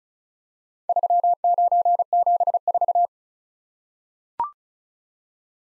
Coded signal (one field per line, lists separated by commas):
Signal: Morse code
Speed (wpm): 36 wpm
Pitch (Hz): 700 Hz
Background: none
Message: 3974